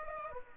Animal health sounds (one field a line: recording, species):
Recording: mosquito wingbeat signal from an infrared sensor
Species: Aedes aegypti